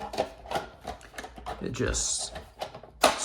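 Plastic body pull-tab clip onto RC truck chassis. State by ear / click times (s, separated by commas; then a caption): seated / 3.0 s. The clipless plastic body of a small Traxxas Mini Maxx RC truck is fastened to the chassis with its pull-tab retention system while someone talks. The tab snaps home with a sharp click at 3.0 s, and the body is seated in place.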